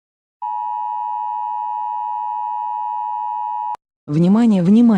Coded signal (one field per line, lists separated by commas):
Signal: Emergency Alert System (SAME) tones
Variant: 853 and 960 Hz attention tone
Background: speech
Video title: EAS Scenario #38: Chernobyl Wolf Rampage.